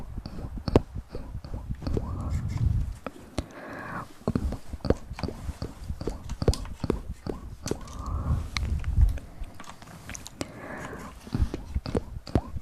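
Wet mouth sounds and soft hand movements, with frequent sharp clicks and smacks, low rustling, and brief breathy swells around 2, 8 and 11 seconds.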